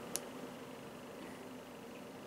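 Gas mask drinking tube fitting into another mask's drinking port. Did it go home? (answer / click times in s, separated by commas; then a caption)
no / none. A plastic drinking tube fitting from a Polish MP-5 gas mask is pushed hard into the drinking port of a different gas mask, giving a brief sharp tick at 0.2 s over steady low background noise. Nothing has seated or clicked, and the coupling does not lock.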